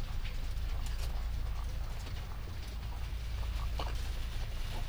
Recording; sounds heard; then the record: poultry house recording; sick chickens (respiratory disease)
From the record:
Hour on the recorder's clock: 1